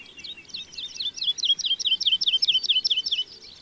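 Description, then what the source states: Woodlark song: a quiet start building into a steady, rapid series of repeated liquid looping notes that then trails off. March.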